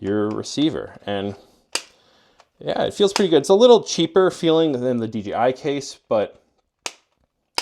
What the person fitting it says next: has a nice solid click to it with the magnet. That's good.